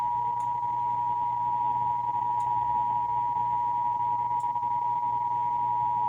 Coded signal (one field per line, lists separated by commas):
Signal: Emergency Alert System (SAME) tones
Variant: 853 and 960 Hz attention tone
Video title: (EAS #941-949) October 2025 Texas Required Monthly Test